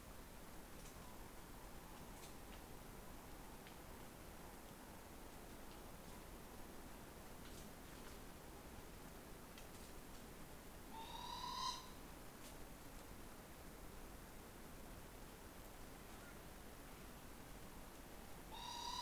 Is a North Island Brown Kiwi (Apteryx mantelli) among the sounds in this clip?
no